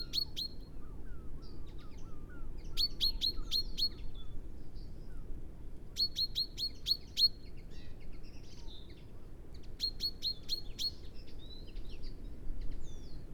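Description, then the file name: Common chaffinch giving bright, clipped call notes in rapid runs of four or five, repeated roughly every three to four seconds, with softer lower chirps and a constant low background hum. "Fringilla coelebs"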